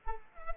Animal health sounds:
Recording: mosquito wingbeat signal from an infrared sensor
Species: Culex pipiens

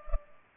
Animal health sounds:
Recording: mosquito wingbeat signal from an infrared sensor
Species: Culex pipiens

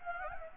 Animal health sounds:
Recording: mosquito wingbeat signal from an infrared sensor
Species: Anopheles gambiae

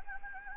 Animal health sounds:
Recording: mosquito wingbeat signal from an infrared sensor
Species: Anopheles gambiae

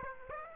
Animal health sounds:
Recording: mosquito wingbeat signal from an infrared sensor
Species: Aedes aegypti

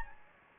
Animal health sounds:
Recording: mosquito wingbeat signal from an infrared sensor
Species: Anopheles gambiae

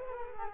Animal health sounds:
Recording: mosquito wingbeat signal from an infrared sensor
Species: Culex quinquefasciatus

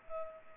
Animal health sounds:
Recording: mosquito wingbeat signal from an infrared sensor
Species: Culex pipiens

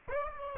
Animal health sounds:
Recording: mosquito wingbeat signal from an infrared sensor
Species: Aedes aegypti

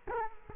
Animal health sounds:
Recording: mosquito wingbeat signal from an infrared sensor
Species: Culex quinquefasciatus

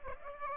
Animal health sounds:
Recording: mosquito wingbeat signal from an infrared sensor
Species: Aedes aegypti

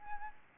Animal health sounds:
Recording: mosquito wingbeat signal from an infrared sensor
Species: Aedes albopictus

